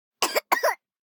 BABIES COUGH Boy 12 months Two Times Short.